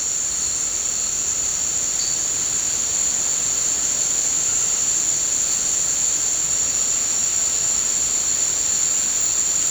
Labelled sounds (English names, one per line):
none